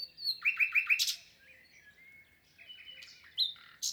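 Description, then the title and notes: Common nightingale singing a short series of quick repeated liquid notes, then a soft drawn-out whistle and a sudden bright phrase at the end. Wild bird in song, 22 April 2020, Lesches-en-Diois, France; spring arrival season; recorded amid silence from people, Nagra Seven recorder with MKH8040 stereo microphones. "LE TÉNOR DES LISIÈRES. 22 avril 2020-Lesches en diois. chant du Rossignol Philomène (Luscinia megarhynchos)"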